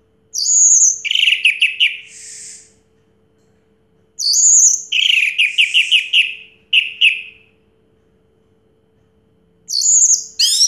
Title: Anis Merah Macet.. Pancing Dengan Suara Ini..